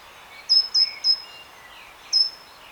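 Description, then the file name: Great tit calls: three quick piercing notes in a row, a short pause, then one more, each ending in a slight downward slur. "Parus major"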